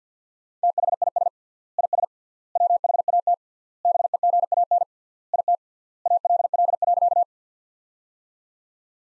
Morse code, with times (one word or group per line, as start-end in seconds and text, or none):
0.6-1.3 THIS
1.8-2.0 IS
2.6-3.3 WHAT
3.9-4.8 BEGAN
5.3-5.5 IT
6.1-7.2 ALL.